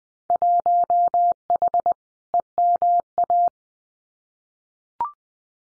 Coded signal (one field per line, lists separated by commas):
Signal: Morse code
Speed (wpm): 20 wpm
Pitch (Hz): 700 Hz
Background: none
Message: 1H EMA